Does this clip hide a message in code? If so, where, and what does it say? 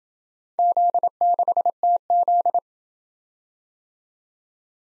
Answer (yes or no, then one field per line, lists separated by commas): yes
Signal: Morse code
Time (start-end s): 0.6-2.6 s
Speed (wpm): 27 wpm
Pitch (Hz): 700 Hz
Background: none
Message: Z6TZ